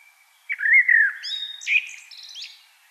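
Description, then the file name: Common blackbird singing one phrase: a rich, sliding whistled warble that breaks into thin, high scratchy twitters at the end. "Turdus merula"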